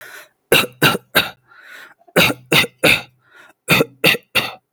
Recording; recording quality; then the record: shallow voluntary cough; excellent, no background noise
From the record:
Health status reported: healthy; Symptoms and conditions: none ticked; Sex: male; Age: 38 years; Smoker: not ticked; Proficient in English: yes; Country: India